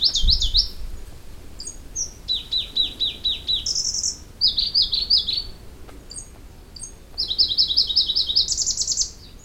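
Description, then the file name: Pallas's leaf warbler singing in bursts of quick repeated slurred notes, each series at a new pitch level, the last phrase climbing into a high rapid trill. "warbler-pallas-leaf -Phylloscopus-proregulus"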